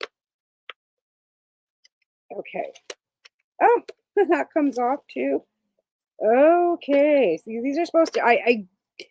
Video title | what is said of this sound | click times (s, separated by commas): The 420 PACE Re-Rolled Saturday | now that looks like it just snaps right in there why is that even off | 0.7 s